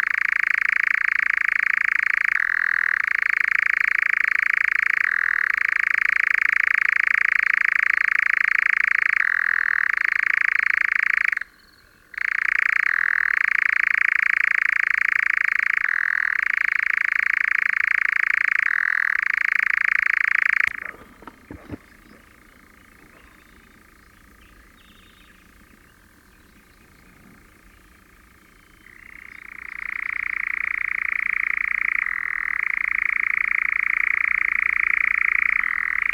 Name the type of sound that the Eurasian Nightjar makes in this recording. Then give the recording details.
call. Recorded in the wild. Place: Babadag, Dobrogea, RO. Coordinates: 44.891, 28.717. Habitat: Forest. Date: 1976-05-30. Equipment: Nagra III BH, Sennheiser MD 21, parabola. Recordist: Schubert, Michael